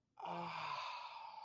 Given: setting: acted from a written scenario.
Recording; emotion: vocal sound without words; contentment